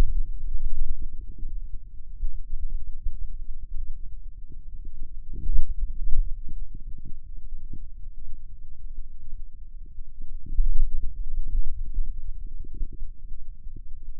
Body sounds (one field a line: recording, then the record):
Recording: forearm muscle sounds (acoustic myography)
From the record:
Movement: hand opening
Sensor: system 2, bracelet of six BSWA MPA416 microphones around the upper forearm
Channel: 5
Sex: male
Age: 22 years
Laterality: right